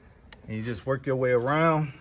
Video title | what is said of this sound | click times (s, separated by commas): How to remove a Ford Mustang side mirror | pop it out just like that. You can hear the snaps | 0.3 s